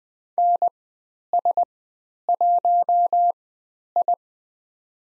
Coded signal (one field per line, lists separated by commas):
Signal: Morse code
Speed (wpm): 20 wpm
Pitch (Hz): 700 Hz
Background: none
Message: NS1I